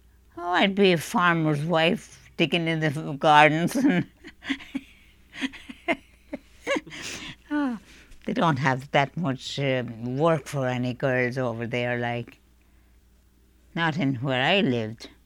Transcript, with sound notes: Oh, I'd be a farmer's wife digging in a little garden. ( she laughs ) They don't have that much work for any girls over there, like, not in where I lived.